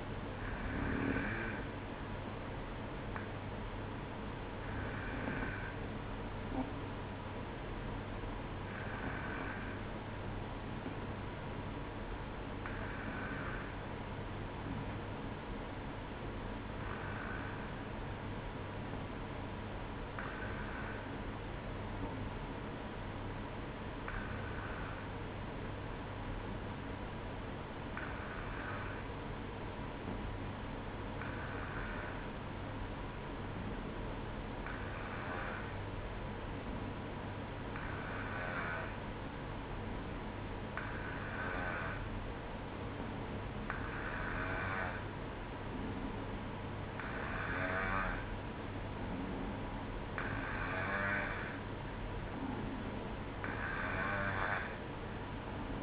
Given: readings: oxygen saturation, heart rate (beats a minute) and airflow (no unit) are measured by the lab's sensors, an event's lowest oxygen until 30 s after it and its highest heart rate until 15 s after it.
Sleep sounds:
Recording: breathing in sleep by a voice recorder at the bedside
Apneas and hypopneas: 1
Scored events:
7.00-46.80 s: hypopnea (N2, oxygen 95% highest, then 92% lowest, heart rate 58 at the start, 62 highest)
From the record:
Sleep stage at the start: N2 (light sleep)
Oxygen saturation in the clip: 92 to 95%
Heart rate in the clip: 58 to 61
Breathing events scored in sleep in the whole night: 305 in 9.6 hours asleep

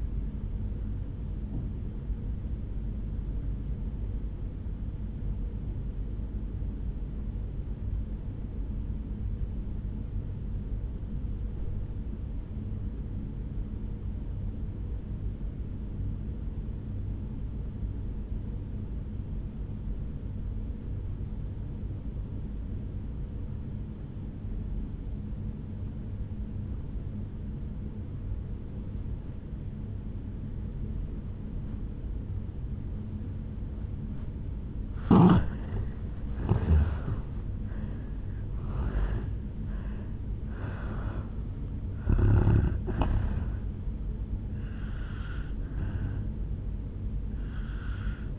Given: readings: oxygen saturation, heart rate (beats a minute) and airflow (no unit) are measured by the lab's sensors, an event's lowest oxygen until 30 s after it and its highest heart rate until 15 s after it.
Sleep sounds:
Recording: breathing in sleep by a smartphone at the bedside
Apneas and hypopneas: 1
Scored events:
5.00-35.90 s: obstructive apnea (N1, oxygen 97% highest, then 79% lowest, heart rate 53 at the start, 76 highest)
From the record:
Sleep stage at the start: N1 (lightest sleep)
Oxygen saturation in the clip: 82 to 97%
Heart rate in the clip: 53 to 76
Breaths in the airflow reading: 5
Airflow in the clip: -11.3 to 7.2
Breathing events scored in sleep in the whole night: 449 in 7.0 hours asleep

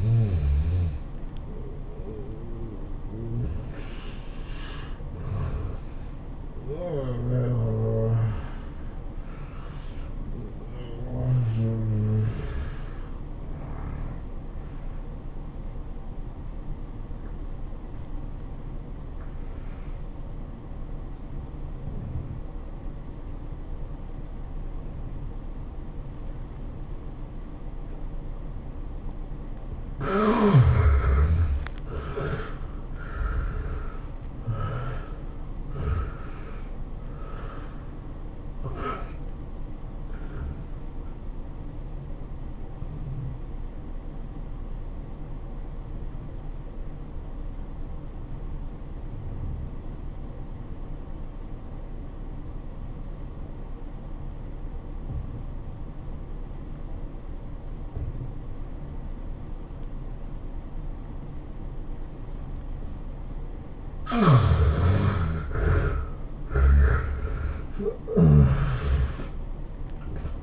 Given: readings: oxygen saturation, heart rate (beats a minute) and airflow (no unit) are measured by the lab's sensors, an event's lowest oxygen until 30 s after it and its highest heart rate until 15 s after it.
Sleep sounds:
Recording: breathing in sleep by a smartphone at the bedside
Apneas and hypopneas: 2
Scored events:
0.00-2.00 s: awake
15.00-30.60 s: hypopnea (N1, oxygen 95% highest, then 76% lowest, heart rate 108 at the start, 109 highest)
43.00-64.60 s: obstructive apnea (N1, oxygen 95% highest, then 74% lowest, heart rate 103 at the start, 112 highest)
From the record:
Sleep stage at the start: N1 (lightest sleep)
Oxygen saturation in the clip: 76 to 95%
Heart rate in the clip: 91 to 111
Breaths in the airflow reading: 9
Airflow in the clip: -15.7 to 15.4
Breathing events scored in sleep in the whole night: 403 in 5.5 hours asleep

